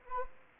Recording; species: mosquito wingbeat signal from an infrared sensor; Anopheles arabiensis